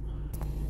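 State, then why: Seated. The rotating swivel joint on the plastic arm of a car cup-holder tablet mount is turned and locked into position, with two quiet, short clicks at 0.3 s and 0.4 s over a steady low rumble. The swivel is locked in place.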